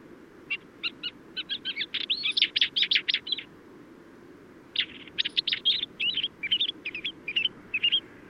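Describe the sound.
Isabelline wheatear giving rapid runs of sharp, chattering high notes in two bursts separated by a short pause, over a soft low background hum.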